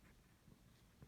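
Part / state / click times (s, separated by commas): small bracket screw into phone frame thread / not seated / none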